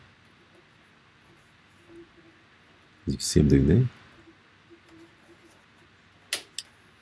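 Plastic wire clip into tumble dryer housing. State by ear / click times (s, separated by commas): seated / 6.3 s, 6.6 s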